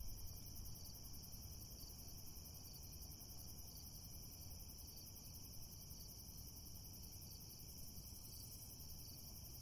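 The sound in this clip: Crickets chirring in a steady, unbroken chorus of high trills, with a constant low background rumble underneath.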